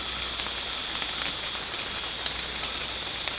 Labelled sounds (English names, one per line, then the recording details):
none
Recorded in secondary vegetation near Puerto Asís, Putumayo, Colombia, on 19 March 2025 at 23:30
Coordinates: 0.485, -76.322
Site G040